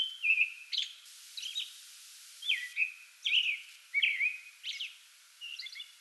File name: 2022-05-08 American Robin pre-dawn singing from small tree in front yard